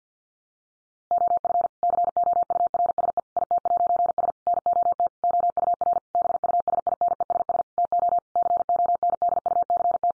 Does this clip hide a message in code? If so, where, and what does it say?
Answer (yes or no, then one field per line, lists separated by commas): yes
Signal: Morse code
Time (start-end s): 1.1-10.1 s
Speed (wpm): 49 wpm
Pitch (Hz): 700 Hz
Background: none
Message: OF COURSE IT'S NOT OUR BUSINESS TO CONDUCT